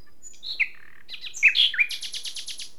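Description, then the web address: Common nightingale song phrase: varied whistles and chirps building into a rapid rattle of repeated high notes. "SETE data Luscinia megarhynchos"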